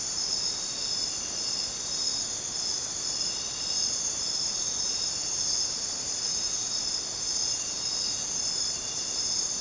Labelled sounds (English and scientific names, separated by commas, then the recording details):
none
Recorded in dense forest near Puerto Asís, Putumayo, Colombia, on 29 June 2025 at 01:00
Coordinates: 0.484, -76.317
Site G045